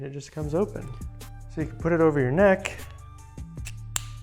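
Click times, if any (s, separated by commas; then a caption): 4.0 s. Someone talks over background music while a plastic action-camera neck mount collar is opened and closed around the neck. Its clasp clicks shut with a sharp snap at 4.0 s, seating in place.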